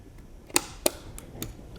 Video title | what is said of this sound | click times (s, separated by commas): We Built A PC Before RAMFLATION - Part 1 [Overclocked] | Always want to hear that click. | 0.6 s, 0.9 s